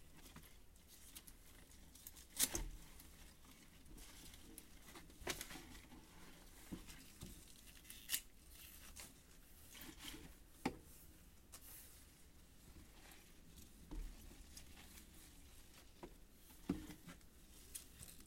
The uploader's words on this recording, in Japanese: 夕方、収穫してきた水かけ菜の、出荷準備をしています。秤で重さをはかり、テープで巻き付けて束にしていきます。